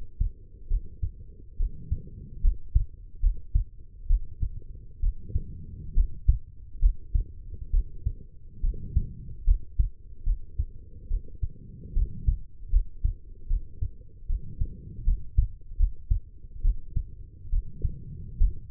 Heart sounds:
heart sounds by stethoscope; 71 bpm
0.68 s: heartbeat
1.57 s: heartbeat
2.41 s: heartbeat
3.20 s: heartbeat
4.07 s: heartbeat
5.00 s: heartbeat
5.94 s: heartbeat
6.79 s: heartbeat
7.70 s: heartbeat
8.61 s: heartbeat
9.44 s: heartbeat
10.24 s: heartbeat
11.08 s: heartbeat
11.93 s: heartbeat
12.70 s: heartbeat
13.47 s: heartbeat
14.27 s: heartbeat
15.04 s: heartbeat
15.77 s: heartbeat
16.62 s: heartbeat
17.50 s: heartbeat
18.38 s: heartbeat
From the record:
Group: healthy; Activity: rest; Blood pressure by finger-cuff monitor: 114/74 mmHg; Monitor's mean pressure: 85 mmHg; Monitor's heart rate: 71 bpm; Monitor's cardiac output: 5.6 L/min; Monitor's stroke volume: 79 mL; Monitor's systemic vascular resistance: 1100 dyn s/cm5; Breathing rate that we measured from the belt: 19 breaths a minute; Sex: female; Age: 23 years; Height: 160 cm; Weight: 50.4 kg

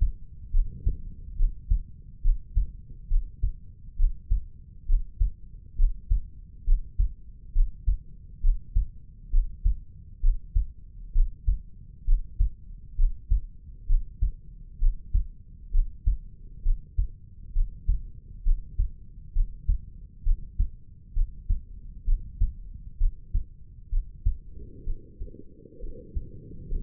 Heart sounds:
heart sounds by stethoscope; 66 bpm
0.51 s: heartbeat
1.36 s: heartbeat
2.22 s: heartbeat
3.08 s: heartbeat
3.96 s: heartbeat
4.86 s: heartbeat
5.76 s: heartbeat
6.64 s: heartbeat
7.52 s: heartbeat
8.41 s: heartbeat
9.30 s: heartbeat
10.20 s: heartbeat
11.12 s: heartbeat
12.05 s: heartbeat
12.96 s: heartbeat
13.86 s: heartbeat
14.79 s: heartbeat
15.71 s: heartbeat
16.62 s: heartbeat
17.53 s: heartbeat
18.43 s: heartbeat
19.33 s: heartbeat
20.23 s: heartbeat
21.13 s: heartbeat
22.05 s: heartbeat
22.98 s: heartbeat
23.89 s: heartbeat
24.84 s: heartbeat
25.80 s: heartbeat
26.68 s: heartbeat
From the record:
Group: healthy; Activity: Valsalva maneuver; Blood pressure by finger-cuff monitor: 107/69 mmHg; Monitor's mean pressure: 81 mmHg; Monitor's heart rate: 67 bpm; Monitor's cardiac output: 5.3 L/min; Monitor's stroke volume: 79 mL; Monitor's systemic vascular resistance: 1100 dyn s/cm5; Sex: female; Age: 22 years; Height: 160 cm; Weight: 45 kg

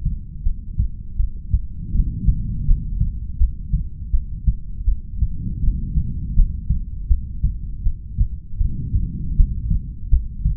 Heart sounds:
heart sounds by stethoscope; 81 bpm
0.45 s: heartbeat
1.18 s: heartbeat
1.94 s: heartbeat
2.68 s: heartbeat
3.40 s: heartbeat
4.13 s: heartbeat
4.87 s: heartbeat
5.62 s: heartbeat
6.36 s: heartbeat
7.10 s: heartbeat
7.85 s: heartbeat
8.60 s: heartbeat
9.37 s: heartbeat
10.11 s: heartbeat
From the record:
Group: heart failure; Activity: rest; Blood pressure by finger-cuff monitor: 102/58 mmHg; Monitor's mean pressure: 75 mmHg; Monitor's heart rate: 81 bpm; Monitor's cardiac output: 8.6 L/min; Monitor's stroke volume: 107 mL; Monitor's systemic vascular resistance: 620 dyn s/cm5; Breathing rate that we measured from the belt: 18 breaths a minute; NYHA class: 1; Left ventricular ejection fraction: 39%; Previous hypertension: present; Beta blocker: carvedilol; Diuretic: furosemide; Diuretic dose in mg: 20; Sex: male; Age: 60 years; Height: 178 cm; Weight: 62 kg

